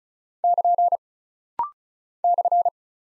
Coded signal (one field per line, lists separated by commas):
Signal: Morse code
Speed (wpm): 36 wpm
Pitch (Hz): 700 Hz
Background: none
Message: <KN> /